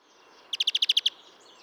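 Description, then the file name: European greenfinch giving a short twittering trill of eight quick, bright notes, evenly spaced over half a second, over a soft background hiss. "Chloris chloris"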